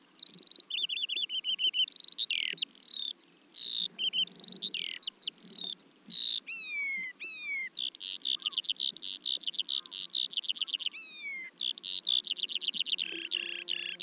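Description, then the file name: Eurasian skylark song, a continuous rapid stream of high trills, whistles and buzzy notes without pauses, with faint background rumble. "veldleeuwerik"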